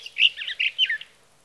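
Sage thrasher song, a brief jumble of warbled, chirping notes run together over about one second in a clean, quiet setting.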